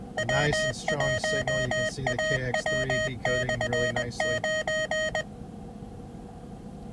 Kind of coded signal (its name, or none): Morse code